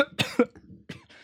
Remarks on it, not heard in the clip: I'm feeling quite ill. Can you hear those coughs? Oh, that's nasty.